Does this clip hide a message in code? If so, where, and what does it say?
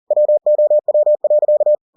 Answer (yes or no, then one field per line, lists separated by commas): yes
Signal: Morse code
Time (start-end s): 0.1-1.7 s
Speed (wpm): 40 wpm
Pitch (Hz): 600 Hz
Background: none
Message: WOW.